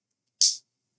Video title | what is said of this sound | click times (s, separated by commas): LEGO Building 10266 NASA Apollo 11 Lunar Lander | Ooh, what a satisfying snap. Love it. | 0.4 s